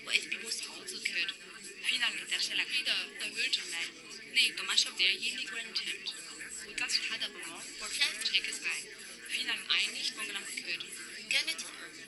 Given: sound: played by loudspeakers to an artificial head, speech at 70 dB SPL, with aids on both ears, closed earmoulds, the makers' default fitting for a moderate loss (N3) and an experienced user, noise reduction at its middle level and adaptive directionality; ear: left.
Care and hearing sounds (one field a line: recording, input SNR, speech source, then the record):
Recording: speech test signal (ISTS) in cocktail-party noise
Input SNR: -6 dB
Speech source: in front (0 degrees)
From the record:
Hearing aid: class 2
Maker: H